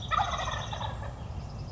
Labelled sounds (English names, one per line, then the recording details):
Wild Turkey
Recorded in Sonoma County, California